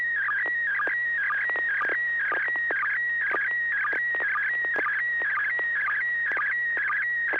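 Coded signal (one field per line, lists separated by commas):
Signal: SSTV (slow-scan television)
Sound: warbling tone sweeping 1.5-2.3 kHz with regular short low blips, repeated line by line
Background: low hum over FM radio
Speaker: so without objection uh here I go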